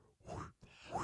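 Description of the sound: An adult man voices two whooshing, pulsing bursts, imitating the Doppler blood-flow and heartbeat sound heard during a sonogram.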